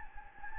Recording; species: mosquito wingbeat signal from an infrared sensor; Anopheles gambiae